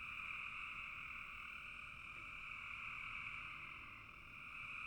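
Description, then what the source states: Frogs in chorus, a dense continuous trill of many callers in two high bands, steady throughout with no pauses and a slight dip near the end. Frogs calling in a bog.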